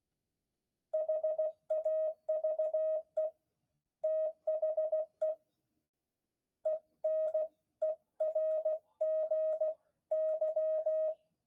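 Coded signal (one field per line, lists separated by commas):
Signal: Morse code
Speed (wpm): 16 wpm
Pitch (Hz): 630 Hz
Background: none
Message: HAVE THE ENERGY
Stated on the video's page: Morse practice with friends; rough recording with poor audio.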